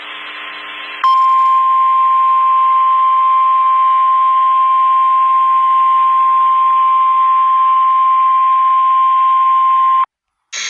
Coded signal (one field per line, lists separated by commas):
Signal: Emergency Alert System (SAME) tones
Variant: 1050 Hz attention tone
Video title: Fake Eas mock: WI civil danger warning in my random crying compilation 🥀